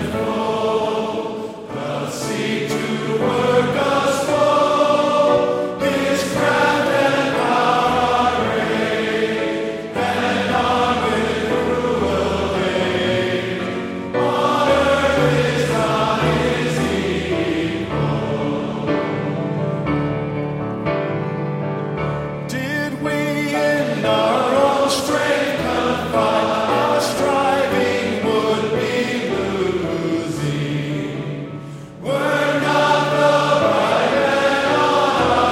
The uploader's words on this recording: Five thousand men singing at the Together for the Gospel Conference.